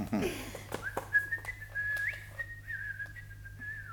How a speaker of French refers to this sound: Dites, vous n'avez pas peur que ce soit une mauvaise note pour vous de siffler?